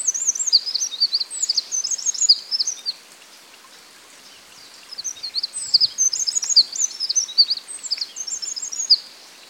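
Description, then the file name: Eurasian wren song, two long bursts of rapid high trills and chattering notes, separated by a pause of about two seconds. "Troglodytes troglodytes"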